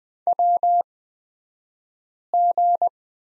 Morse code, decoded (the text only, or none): WG